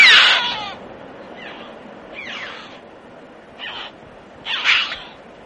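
Red-billed chough giving harsh, rasping calls: one loud call at the start, then four fainter scratchy calls spaced roughly a second apart.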